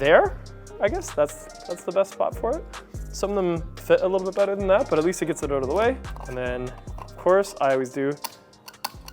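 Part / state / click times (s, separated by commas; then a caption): fuel filler cap onto car fuel filler neck / torque reached / 8.7 s, 8.9 s, 9.1 s. A plastic fuel filler cap is screwed onto the fuel filler neck of a Lexus ES 350 while someone talks over background music. Three sharp ratchet clicks sound at 8.7, 8.9 and 9.1 seconds as the cap is tightened and locks.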